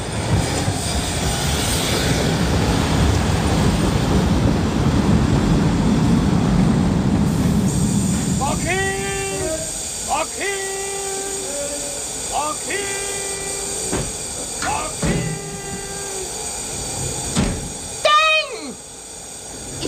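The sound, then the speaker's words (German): A train rolls in with a loud, steady rumble that gives way to a series of high, wavering metallic squeals as it brakes, repeating in bursts before it comes to a stop. “Na, da ist er ja, der Zug.”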